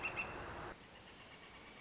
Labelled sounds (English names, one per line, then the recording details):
Northern Flicker
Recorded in Sonoma County, California